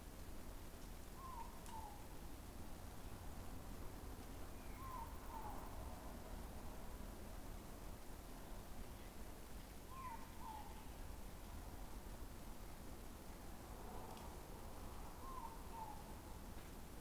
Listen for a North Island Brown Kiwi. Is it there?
no